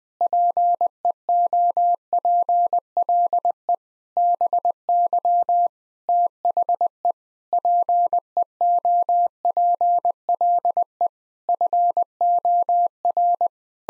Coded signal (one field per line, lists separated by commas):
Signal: Morse code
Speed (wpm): 20 wpm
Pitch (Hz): 700 Hz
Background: none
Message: PEOPLE BY THE PEOPLE FOR